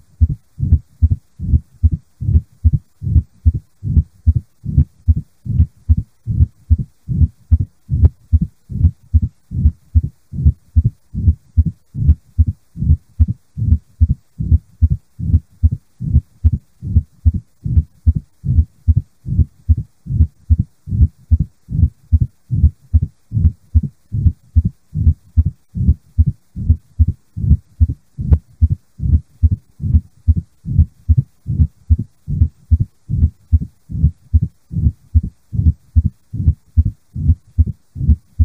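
Heartbeat heard through a stethoscope, low thudding beats in a steady, regular rhythm, roughly two per second, with silence between them throughout.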